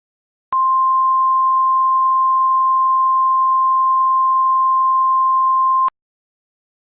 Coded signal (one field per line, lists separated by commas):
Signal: Emergency Alert System (SAME) tones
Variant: 1050 Hz attention tone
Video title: EAS Scenario: Under the Moon's Light Part 2